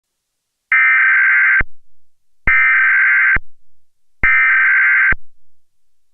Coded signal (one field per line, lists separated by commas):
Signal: Emergency Alert System (SAME) tones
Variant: header bursts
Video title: EAS Scenario - Pulse Orlando June 12, 2016 Orlando, FL | Remake